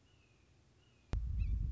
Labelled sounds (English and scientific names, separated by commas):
Red-shouldered Hawk (Buteo lineatus)